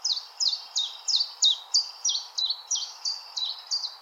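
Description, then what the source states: Common nightingale song, a steady string of loud, sharp down-slurred notes repeated roughly three times a second. Recorded 16 April 2021.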